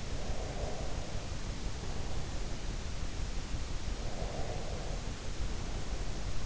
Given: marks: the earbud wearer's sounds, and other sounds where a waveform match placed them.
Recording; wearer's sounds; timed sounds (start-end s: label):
sounds in sleep by an in-ear microphone; breath
0.06-2.62 s: breath
3.81-6.46 s: breath